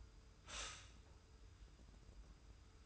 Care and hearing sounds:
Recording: daily activity, microphone in the room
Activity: stop toaster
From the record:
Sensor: 2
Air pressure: 990.5 hPa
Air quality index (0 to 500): 164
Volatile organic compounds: 851 ppm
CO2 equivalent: 5171 ppm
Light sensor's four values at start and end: 29/69/28/28 and 29/69/28/28

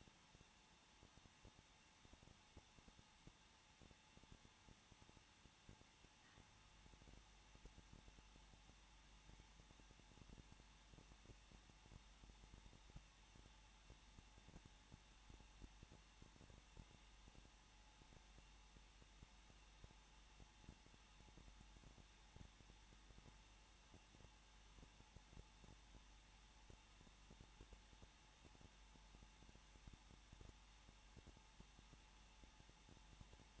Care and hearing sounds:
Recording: daily activity, microphone in the room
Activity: no activity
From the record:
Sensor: 1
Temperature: 20.1 degrees Celsius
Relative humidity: 39.4%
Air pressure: 1006.4 hPa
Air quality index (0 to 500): 219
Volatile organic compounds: 81 ppm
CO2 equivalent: 3617 ppm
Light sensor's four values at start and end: 1/2/1/1 and 1/2/1/1

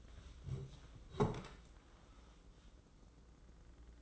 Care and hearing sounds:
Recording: daily activity, microphone in the room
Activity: sit down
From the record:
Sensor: 3

